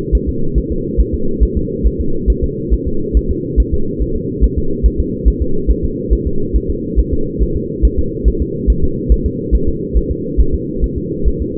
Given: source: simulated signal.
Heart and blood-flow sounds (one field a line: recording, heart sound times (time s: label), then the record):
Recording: fetal heart sounds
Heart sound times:
0.15 s: S1
0.29 s: S2
0.58 s: S1
0.72 s: S2
1.01 s: S1
1.15 s: S2
1.43 s: S1
1.57 s: S2
1.87 s: S1
2.01 s: S2
2.30 s: S1
2.44 s: S2
2.73 s: S1
2.88 s: S2
3.17 s: S1
3.31 s: S2
3.60 s: S1
3.74 s: S2
4.02 s: S1
4.16 s: S2
4.44 s: S1
4.58 s: S2
4.86 s: S1
5.00 s: S2
5.28 s: S1
5.42 s: S2
5.71 s: S1
5.85 s: S2
6.13 s: S1
6.27 s: S2
6.56 s: S1
6.70 s: S2
7.00 s: S1
7.14 s: S2
7.43 s: S1
7.57 s: S2
7.85 s: S1
7.99 s: S2
8.28 s: S1
8.42 s: S2
8.70 s: S1
8.84 s: S2
9.12 s: S1
9.26 s: S2
9.55 s: S1
9.69 s: S2
9.97 s: S1
10.11 s: S2
10.40 s: S1
10.54 s: S2
10.84 s: S1
10.98 s: S2
11.28 s: S1
11.42 s: S2
From the record:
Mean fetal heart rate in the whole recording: 140 bpm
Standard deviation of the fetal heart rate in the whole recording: 2 bpm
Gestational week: 34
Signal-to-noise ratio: -8.1 dB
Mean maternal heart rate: 72 bpm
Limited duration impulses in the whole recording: present